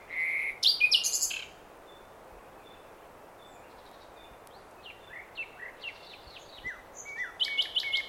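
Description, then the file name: Common nightingale singing: a loud buzzy chattering burst, then a pause and a series of softer descending whistled notes building into another rattling phrase. "Luscinia megarhynchos"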